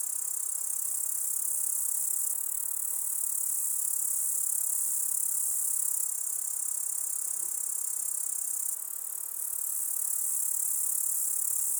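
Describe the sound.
Grasshopper stridulating in an unbroken high, sizzling hiss that swells slightly at moments but never stops.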